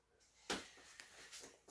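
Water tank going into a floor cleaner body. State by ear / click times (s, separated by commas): seated / 0.5 s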